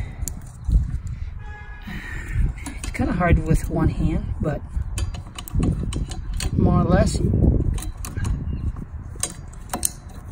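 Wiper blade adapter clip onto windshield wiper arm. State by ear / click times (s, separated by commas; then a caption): seated / 9.8 s. A new windshield wiper blade for a BMW Z4 is pushed onto the wiper arm hook until its plastic adapter clip locks. Someone talks over scattered handling clatter and knocks, and a sharp click at 9.9 s marks the blade seating on the arm, which is confirmed as a good sound.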